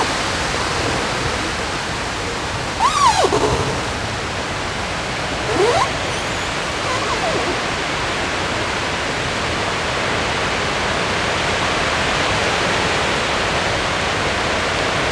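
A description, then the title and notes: Steady rushing river water fills the scene, with a few brief bird calls near three and six seconds over the constant hiss. Sounds along the river in Odense, Denmark.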